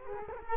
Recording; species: mosquito wingbeat signal from an infrared sensor; Culex quinquefasciatus